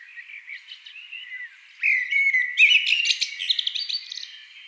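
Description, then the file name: Eurasian blackbird song: quiet scattered chirps, then a strong fluted whistle running into a fast, high, twittering flourish. "amsel"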